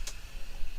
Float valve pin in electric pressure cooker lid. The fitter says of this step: you sure it's going to click? There you go. There we go.